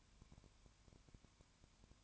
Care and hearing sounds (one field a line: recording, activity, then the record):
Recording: daily activity, microphone in the room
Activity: no activity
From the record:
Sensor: 2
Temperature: 19.9 degrees Celsius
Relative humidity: 32.2%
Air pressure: 1001.1 hPa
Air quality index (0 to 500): 54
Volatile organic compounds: 1 ppm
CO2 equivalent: 601 ppm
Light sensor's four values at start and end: 2/3/2/2 and 2/3/2/2